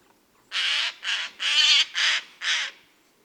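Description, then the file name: Eurasian jay calling with five harsh, hoarse screeches in a steady series about half a second apart. "Garrulus glandarius"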